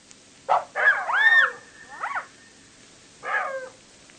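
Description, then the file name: Jackal quick yips and wavering wails in a run, then a short descending cry after a brief gap. "zvuki shakala"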